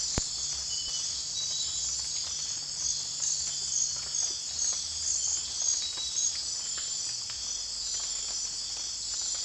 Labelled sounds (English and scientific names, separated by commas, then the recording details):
none
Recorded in dense forest near Puerto Asís, Putumayo, Colombia, on 19 June 2025 at 18:30
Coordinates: 0.466, -76.327
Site GP04